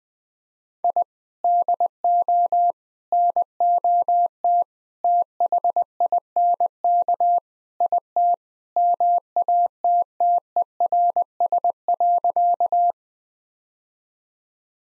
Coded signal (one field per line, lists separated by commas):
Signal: Morse code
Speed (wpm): 20 wpm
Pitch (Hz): 700 Hz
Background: none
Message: I DO NOT THINK IT MATTERS.